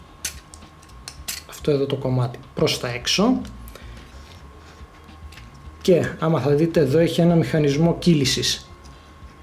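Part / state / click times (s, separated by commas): sliding plastic part on a transforming robot figure / not seated / none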